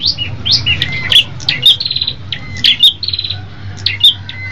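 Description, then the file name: Tailorbird song: a lively mix of high chirps, short upward sweeps and brief rapid buzzy trills, over a faint low hum. Red-headed type; several birds singing together as a group. "audio prenjak kepala merah ombyokan omkicau"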